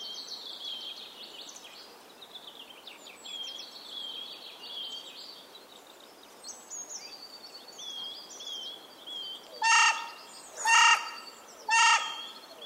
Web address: chant xeno-canto corneille noire